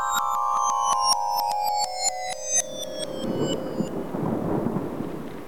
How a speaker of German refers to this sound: Jetzt regnet es auch noch. Oh nein!